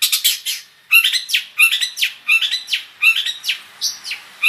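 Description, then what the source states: Long-tailed shrike singing harsh chattering bursts mixed with sharp downslurred whistles, separated by short gaps. Full song with imitated phrases of other sounds, described as gacor style.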